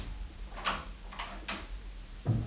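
An office door opens as someone enters, with a handful of short, scraping clicks and rattles spread over a couple of seconds, ending in a low thud, all fairly quiet over a steady low hum with no voices.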